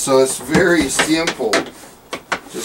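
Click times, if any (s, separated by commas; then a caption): 2.1 s, 2.3 s. Someone talks, then the second plastic side latch joining the 3.2-gallon flush tank to the 5.3-gallon waste tank of a portable RV camping toilet is pressed down, giving two sharp plastic clicks at 2.1 s and 2.3 s. The latch locks the tanks together and is seated.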